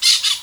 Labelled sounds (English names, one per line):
Brown-throated Parakeet contact call